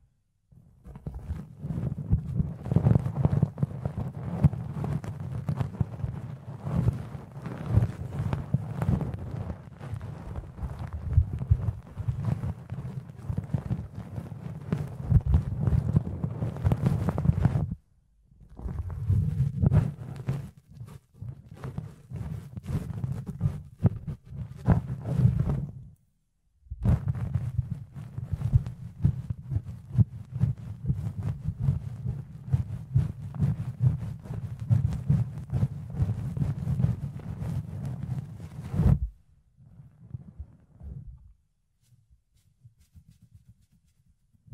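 Fluffy ear cleaning sounds: a dense, steady rubbing and scratching with a soft, low thumping body and crisp bright crackles on top. The rustling runs almost continuously, broken by brief silences near 18 and 26 seconds, then thins into sparse faint touches after about 39 seconds.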